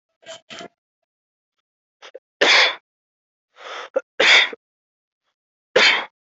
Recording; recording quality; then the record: heavy voluntary cough; moderate, slight background noise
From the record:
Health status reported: healthy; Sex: male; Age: 26 years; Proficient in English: yes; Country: India